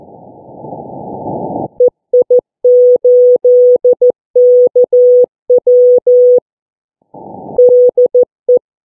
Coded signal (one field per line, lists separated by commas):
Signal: Morse code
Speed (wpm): 14 wpm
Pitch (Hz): 490 Hz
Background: none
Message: EI8KW DE